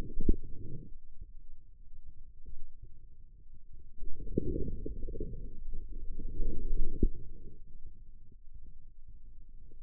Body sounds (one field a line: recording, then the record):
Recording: forearm muscle sounds (acoustic myography)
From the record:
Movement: inward rotation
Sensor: system 2, bracelet of six BSWA MPA416 microphones around the upper forearm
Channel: 5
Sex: male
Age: 22 years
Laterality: right